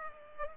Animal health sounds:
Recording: mosquito wingbeat signal from an infrared sensor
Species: Culex pipiens

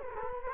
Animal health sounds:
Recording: mosquito wingbeat signal from an infrared sensor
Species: Culex quinquefasciatus

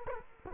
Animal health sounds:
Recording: mosquito wingbeat signal from an infrared sensor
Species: Culex quinquefasciatus

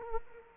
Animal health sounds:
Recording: mosquito wingbeat signal from an infrared sensor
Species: Culex quinquefasciatus

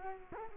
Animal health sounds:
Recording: mosquito wingbeat signal from an infrared sensor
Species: Culex quinquefasciatus

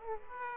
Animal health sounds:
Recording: mosquito wingbeat signal from an infrared sensor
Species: Aedes aegypti

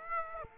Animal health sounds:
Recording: mosquito wingbeat signal from an infrared sensor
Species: Aedes aegypti

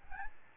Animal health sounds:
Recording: mosquito wingbeat signal from an infrared sensor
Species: Aedes albopictus

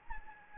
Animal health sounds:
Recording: mosquito wingbeat signal from an infrared sensor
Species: Anopheles gambiae

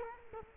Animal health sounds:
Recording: mosquito wingbeat signal from an infrared sensor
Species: Culex quinquefasciatus

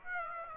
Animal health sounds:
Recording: mosquito wingbeat signal from an infrared sensor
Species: Aedes aegypti

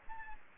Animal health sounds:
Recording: mosquito wingbeat signal from an infrared sensor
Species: Aedes albopictus

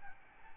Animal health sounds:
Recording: mosquito wingbeat signal from an infrared sensor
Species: Aedes albopictus

